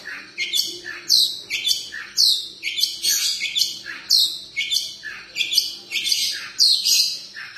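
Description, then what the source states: Long-tailed shrike song: a steady series of high, sweeping chirps and warbled phrases repeated in quick rhythmic groups. Song style named kombinasi (combination song).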